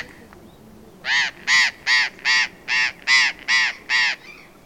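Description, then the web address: Burrowing parrot calls: a run of eight harsh, screeching squawks in steady rhythm, about two and a half per second. "parrots cyanoliseus-patagonus"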